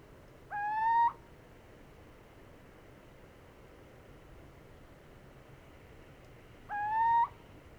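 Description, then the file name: Little owl with two brief, slightly upslurred hoots roughly six seconds apart, the gap filled only by low background hiss. Male little owl hooting, recorded in Italy; local name Cucumiau. "Cucumiau Hooting of male Italy"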